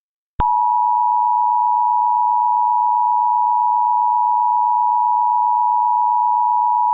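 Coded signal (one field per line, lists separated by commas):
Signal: Emergency Alert System (SAME) tones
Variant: 853 and 960 Hz attention tone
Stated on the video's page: Mock alert using valid EAS tones.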